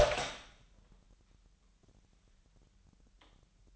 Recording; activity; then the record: daily activity, microphone in the room; open door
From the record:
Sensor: 3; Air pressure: 998.4 hPa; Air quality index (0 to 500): 139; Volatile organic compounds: 4 ppm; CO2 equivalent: 1662 ppm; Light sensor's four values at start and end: 17/48/19/18 and 17/48/19/18